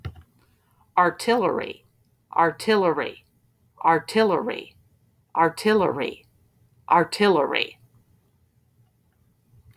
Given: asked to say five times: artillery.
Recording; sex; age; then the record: repeated word; female; 40 to 49 years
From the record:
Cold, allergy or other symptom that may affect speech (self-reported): no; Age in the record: 49 years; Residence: Indiana, United States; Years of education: 16